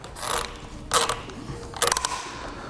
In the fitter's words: you hear those clicks